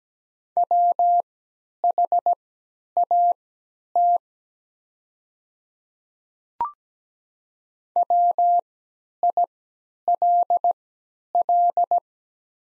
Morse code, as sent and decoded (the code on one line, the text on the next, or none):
.-- .... .- - / .-- .. .-.. .-..
WHAT WILL